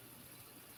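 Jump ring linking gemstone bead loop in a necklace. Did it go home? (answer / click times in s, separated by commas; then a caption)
no / none. A metal jump ring linking a gemstone bead loop in a necklace is handled with pliers before being twisted closed. Only a steady, even hiss with faint low rumble is heard, and no distinct click stands out. Nothing has seated or clicked yet; the ring's ends have not come together.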